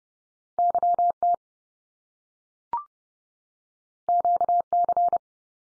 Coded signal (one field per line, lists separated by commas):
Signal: Morse code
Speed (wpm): 30 wpm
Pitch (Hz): 700 Hz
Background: none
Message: YT QC